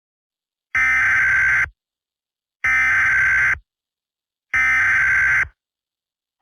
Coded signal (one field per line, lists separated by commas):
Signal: Emergency Alert System (SAME) tones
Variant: header bursts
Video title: The Dead Crowd 1&2: (EAS Scenarios)